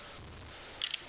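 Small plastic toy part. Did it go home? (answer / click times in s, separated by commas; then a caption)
yes / 0.8 s, 0.9 s. A plastic part of a transforming toy robot, the cruiser piece, is slid out into position on the combined robot. Two sharp, short ticks are heard at 0.8 s and 0.9 s as it locks in place. The piece seats.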